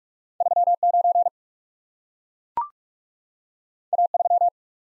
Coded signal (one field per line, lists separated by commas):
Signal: Morse code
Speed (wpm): 44 wpm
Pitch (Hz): 700 Hz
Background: none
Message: 3 9 A 3